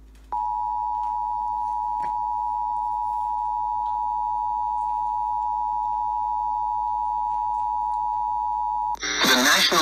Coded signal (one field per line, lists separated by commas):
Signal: Emergency Alert System (SAME) tones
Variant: 853 and 960 Hz attention tone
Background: speech